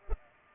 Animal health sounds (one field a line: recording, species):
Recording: mosquito wingbeat signal from an infrared sensor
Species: Culex pipiens